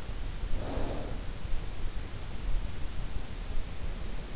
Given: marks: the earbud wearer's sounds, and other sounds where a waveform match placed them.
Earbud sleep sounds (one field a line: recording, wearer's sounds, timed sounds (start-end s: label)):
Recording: sounds in sleep by an in-ear microphone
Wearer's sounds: snoring breath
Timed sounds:
0.21-1.15 s: snoring breath